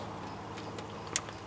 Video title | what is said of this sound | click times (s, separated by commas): 2000 - 2008 Dodge Dakota tune up, replace install spark plugs and coil, No Start | you'll hear it click so | 1.2 s